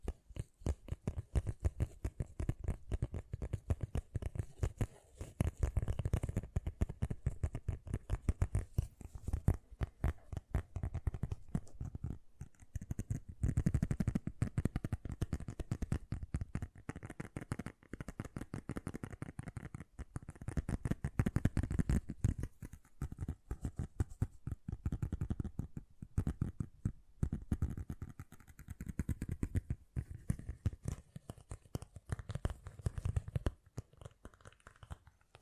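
Fast, gentle tapping runs without pause for the whole stretch, a dense patter of soft, quick strikes. The taps are mostly low and muffled, with a light crisp edge above. Their loudness swells and eases in waves, busiest around the middle and again near the end.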